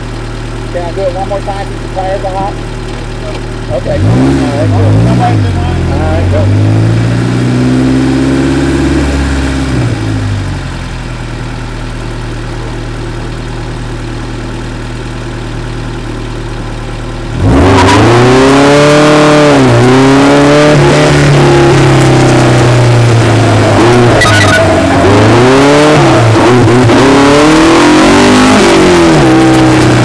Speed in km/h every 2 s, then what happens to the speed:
0, 0, 10, 16, 15, 11, 3, 0, 0, 34, 34, 27, 32, 53, 50.
0-3 standing. 3-5 pulls away to 16. 5-13 slows to 0. 13-16 standing. 16-18 pulls away to 34. 18-23 steady at about 34. 23-26 speeds up to 53.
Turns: 5-11, 20-24, 27-30.